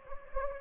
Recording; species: mosquito wingbeat signal from an infrared sensor; Anopheles gambiae